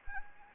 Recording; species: mosquito wingbeat signal from an infrared sensor; Anopheles gambiae